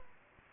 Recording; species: mosquito wingbeat signal from an infrared sensor; Anopheles gambiae